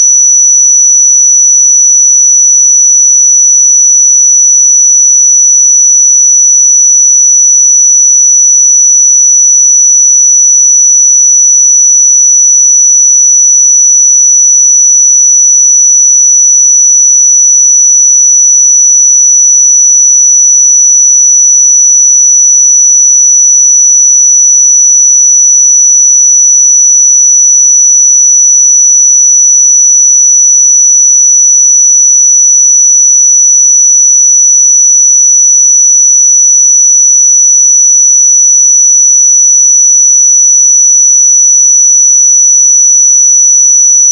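A pure sine tone at 5919 Hz holds perfectly steady for the full length, a single thin, bright whistle with no wavering in pitch or loudness. Nothing else is present, with no background sound, breaks or other events.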